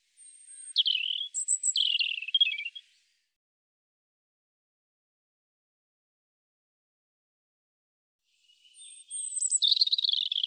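European robin: a scratchy, high warbling phrase, a long pause of silence, then a second rapid, trilling phrase begins near the end.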